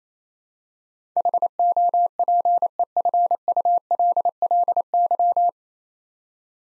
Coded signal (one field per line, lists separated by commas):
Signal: Morse code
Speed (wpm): 29 wpm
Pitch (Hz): 700 Hz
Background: none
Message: HOPEFULLY